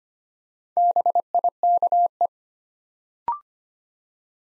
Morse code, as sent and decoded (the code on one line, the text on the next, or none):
-... .. -.- .
BIKE